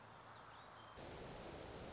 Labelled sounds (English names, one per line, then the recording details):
Song Sparrow
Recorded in Sonoma County, California